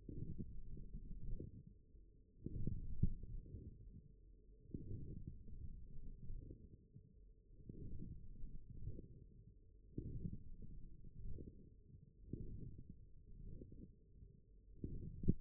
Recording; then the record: forearm muscle sounds (acoustic myography)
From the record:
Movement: forearm pronation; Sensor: system 1, eight BSWA MPA416 microphones around the upper forearm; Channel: 4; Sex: male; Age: 42 years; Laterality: right